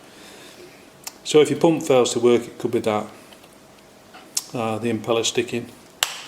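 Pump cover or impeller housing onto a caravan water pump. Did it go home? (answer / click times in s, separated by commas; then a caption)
yes / 6.0 s. Someone talks about a sticking impeller on a caravan water pump while a pump cover or impeller housing is pushed back onto the pump. A few faint taps are heard during the talk, then a single sharp, loud snap at 6.0 s as the part snaps back into place and seats.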